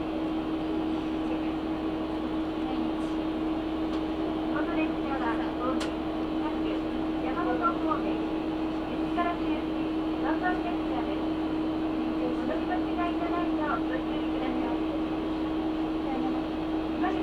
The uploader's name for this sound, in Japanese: 唐津線・長崎本線 佐賀→久保田→肥前山口